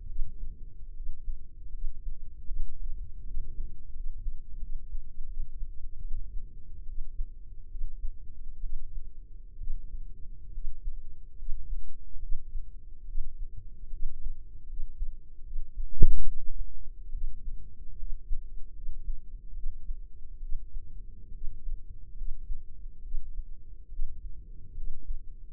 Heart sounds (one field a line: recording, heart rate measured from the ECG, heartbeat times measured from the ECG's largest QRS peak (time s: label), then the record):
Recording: heart sounds by microphone in the left ear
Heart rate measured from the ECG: 73 bpm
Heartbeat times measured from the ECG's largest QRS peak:
0.04 s: heartbeat
0.91 s: heartbeat
1.69 s: heartbeat
2.47 s: heartbeat
3.22 s: heartbeat
3.91 s: heartbeat
4.57 s: heartbeat
5.25 s: heartbeat
5.99 s: heartbeat
6.83 s: heartbeat
7.66 s: heartbeat
8.58 s: heartbeat
9.55 s: heartbeat
10.49 s: heartbeat
11.34 s: heartbeat
12.17 s: heartbeat
13.03 s: heartbeat
13.88 s: heartbeat
14.64 s: heartbeat
15.41 s: heartbeat
16.22 s: heartbeat
17.09 s: heartbeat
17.94 s: heartbeat
18.71 s: heartbeat
19.51 s: heartbeat
20.37 s: heartbeat
21.29 s: heartbeat
22.13 s: heartbeat
23.00 s: heartbeat
23.87 s: heartbeat
24.72 s: heartbeat
25.46 s: heartbeat
From the record:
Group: healthy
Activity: rest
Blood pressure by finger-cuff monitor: 119/85 mmHg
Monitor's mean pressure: 99 mmHg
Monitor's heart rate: 71 bpm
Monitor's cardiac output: 5.9 L/min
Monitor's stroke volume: 82 mL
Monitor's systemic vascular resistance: 1260 dyn s/cm5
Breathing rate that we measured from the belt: 17 breaths a minute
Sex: female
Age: 23 years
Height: 160 cm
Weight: 50.4 kg